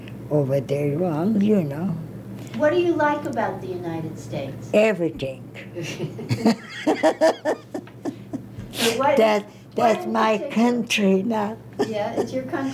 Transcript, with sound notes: Over there, you know.
What do you like about the United States?
Everything. ( they laugh ) That's my country now.
That's your country now.